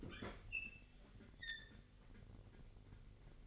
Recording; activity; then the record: daily activity, microphone in the room; open fridge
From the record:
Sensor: 4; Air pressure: 1002.8 hPa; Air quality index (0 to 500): 239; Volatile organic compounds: 16 ppm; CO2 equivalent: 2555 ppm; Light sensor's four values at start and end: 4/10/4/4 and 4/10/4/4